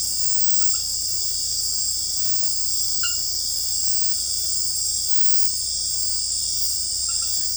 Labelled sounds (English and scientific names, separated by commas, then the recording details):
none
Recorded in dense forest near Puerto Asís, Putumayo, Colombia, on 20 February 2024 at 02:00
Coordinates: 0.487, -76.319
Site G6403